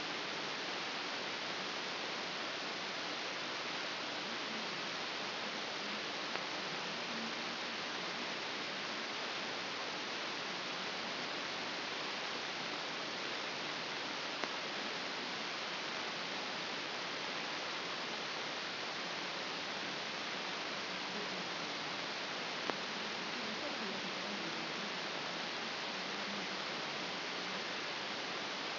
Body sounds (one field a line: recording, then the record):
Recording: brain microelectrode recording played as sound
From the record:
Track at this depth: inside the subthalamic nucleus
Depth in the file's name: 3.722 mm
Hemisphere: left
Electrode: 2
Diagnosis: Parkinson's disease